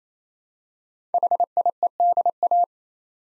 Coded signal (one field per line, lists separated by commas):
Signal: Morse code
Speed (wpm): 27 wpm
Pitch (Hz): 700 Hz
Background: none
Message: HIEDA